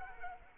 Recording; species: mosquito wingbeat signal from an infrared sensor; Culex quinquefasciatus